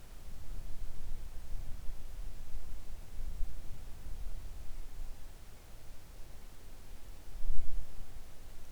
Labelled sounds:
near silence
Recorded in the Arctic National Wildlife Refuge, Alaska, on 3 August 2019 at 05:11
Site 41

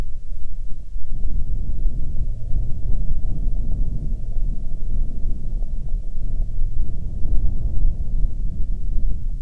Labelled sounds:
wind
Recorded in the Arctic National Wildlife Refuge, Alaska, on 6 August 2019 at 19:06
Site 49

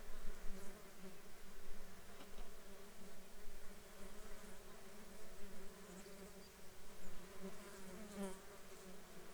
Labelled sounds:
insects
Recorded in the Arctic National Wildlife Refuge, Alaska, on 21 June 2019 at 10:42
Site 33

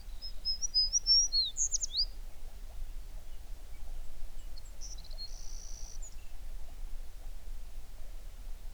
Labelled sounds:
songbird
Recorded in the Prudhoe Bay oil fields, Alaska, on 11 June 2019 at 05:40
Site 21

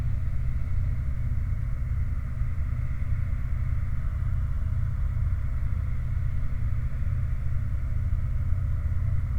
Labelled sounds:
machinery, flare stack
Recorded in the Prudhoe Bay oil fields, Alaska, on 29 July 2019 at 05:04
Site 29

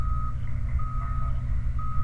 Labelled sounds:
bird, truck
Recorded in the Prudhoe Bay oil fields, Alaska, on 29 July 2019 at 03:35
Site 29

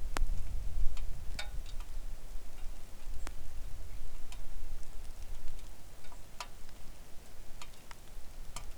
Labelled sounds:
songbird, wind, rain
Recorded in the Arctic National Wildlife Refuge, Alaska, on 3 August 2019 at 09:54
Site 41

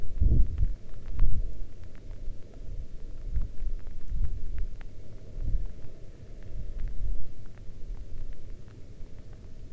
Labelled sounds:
wind, rain
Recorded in the Arctic National Wildlife Refuge, Alaska, on 11 August 2019 at 22:34
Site 40

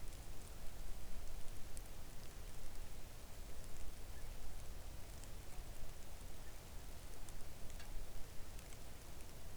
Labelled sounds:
seabird, rain
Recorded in the Arctic National Wildlife Refuge, Alaska, on 3 August 2019 at 05:44
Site 41

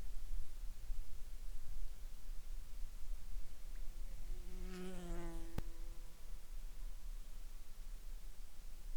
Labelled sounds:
insects
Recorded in the Prudhoe Bay oil fields, Alaska, on 20 July 2021 at 22:56
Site 13

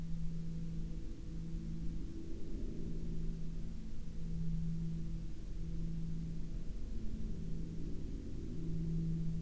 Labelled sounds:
aircraft
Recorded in the Prudhoe Bay oil fields, Alaska, on 17 May 2021 at 12:15
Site 28

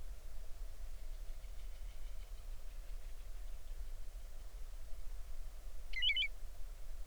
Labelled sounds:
songbird
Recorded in the Arctic National Wildlife Refuge, Alaska, on 20 July 2019 at 03:11
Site 38

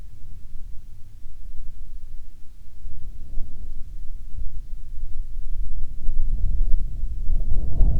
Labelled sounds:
wind
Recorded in the Prudhoe Bay oil fields, Alaska, on 7 August 2019 at 14:30
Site 17

